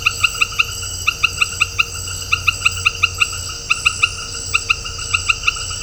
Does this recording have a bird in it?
no